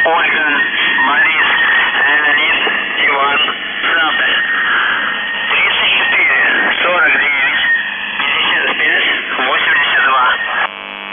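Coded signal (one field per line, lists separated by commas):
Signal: numbers station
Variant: UVB-76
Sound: a distorted male voice speaking over shortwave radio, with static and fading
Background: radio static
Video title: The Buzzer/UVB-76(4625Khz) November 10, 2021 08:16UTC Voice message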